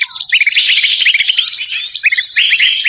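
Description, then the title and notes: Birds give a busy flood of quick, sharp chirps, high and bright, several callers overlapping throughout. Compilation of bird lure calls used to attract stubborn, hard-to-approach birds. "Suara Burung Bandel Yang Susah Mendekati. Kompilasi Suara Pikat Burung"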